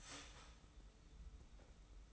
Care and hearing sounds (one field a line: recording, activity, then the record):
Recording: daily activity, microphone in the room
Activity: start toaster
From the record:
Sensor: 1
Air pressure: 990.7 hPa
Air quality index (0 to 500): 144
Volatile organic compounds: 855 ppm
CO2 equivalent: 5174 ppm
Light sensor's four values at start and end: 23/55/23/25 and 23/55/23/25